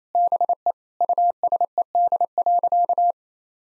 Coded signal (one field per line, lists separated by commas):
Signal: Morse code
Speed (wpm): 28 wpm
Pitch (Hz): 700 Hz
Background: none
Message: BE USED.